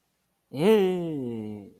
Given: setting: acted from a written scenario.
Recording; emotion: vocal sound without words; realization